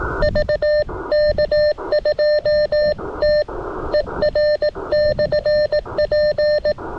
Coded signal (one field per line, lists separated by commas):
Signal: Morse code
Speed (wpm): 18 wpm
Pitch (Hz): 590 Hz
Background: none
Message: VK2TER/P